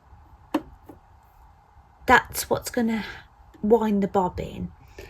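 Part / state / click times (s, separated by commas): bobbin winder spindle into its winding position on a sewing machine / seated / 0.6 s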